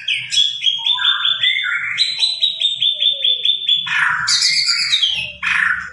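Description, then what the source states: White-rumped shama song, a rapid series of repeated clear whistles at steady pitch, then rich warbled and chattering phrases. White-rumped shama described as gacor, a bird in full, continuous song; meant to make birds respond.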